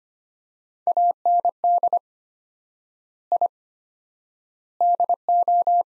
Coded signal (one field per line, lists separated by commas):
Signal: Morse code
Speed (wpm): 25 wpm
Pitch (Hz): 700 Hz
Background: none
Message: AND I DO